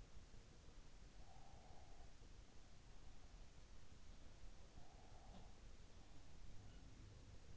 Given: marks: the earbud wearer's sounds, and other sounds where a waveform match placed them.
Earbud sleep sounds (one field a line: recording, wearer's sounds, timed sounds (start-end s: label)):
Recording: sounds in sleep by an in-ear microphone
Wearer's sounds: breath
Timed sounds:
0.95-2.37 s: breath
4.46-5.74 s: breath